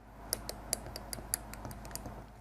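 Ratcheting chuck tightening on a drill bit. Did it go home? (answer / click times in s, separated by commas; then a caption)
yes / 0.3 s, 0.5 s, 0.7 s, 1.1 s, 1.3 s, 2.0 s. A ratcheting drill chuck is tightened by hand onto a bit, giving a series of sharp ratchet clicks at 0.3, 0.5, 0.7, 1.1, 1.3 and 2.0 seconds. The chuck ends up fully tight, with the bit seated.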